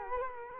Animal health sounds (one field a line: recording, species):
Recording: mosquito wingbeat signal from an infrared sensor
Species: Culex quinquefasciatus